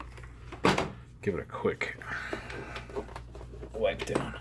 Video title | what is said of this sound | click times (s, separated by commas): GM Gauge Cluster Stepper Repair and LED Install | snaps into place and then give | 0.8 s